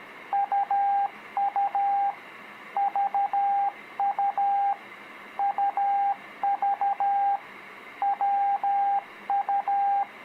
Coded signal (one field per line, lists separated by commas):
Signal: Morse code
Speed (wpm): 13 wpm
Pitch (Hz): 800 Hz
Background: radio noise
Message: UU VU UV WU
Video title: Practice Morse Code With Letters U V W | Beginners